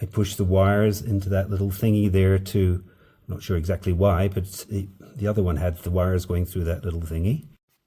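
A new drain pump is being handled beside the appliance pump housing it twist-locks into, while someone talks throughout about pushing its wires through a small fitting. No click or impact is heard, and nothing has seated or clicked yet.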